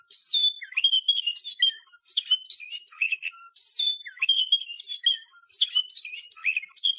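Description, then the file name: Canary-type song in short phrases of whistled slurs, warbles and quick notes, separated by brief pauses. "Canary Voice"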